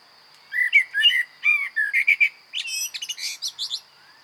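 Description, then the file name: Common blackbird singing a run of mellow fluted notes that ends in a high, scratchy twittering flourish. A thin continuous high-pitched hum persists throughout. "Turdus merula"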